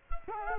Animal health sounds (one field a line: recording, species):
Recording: mosquito wingbeat signal from an infrared sensor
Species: Culex quinquefasciatus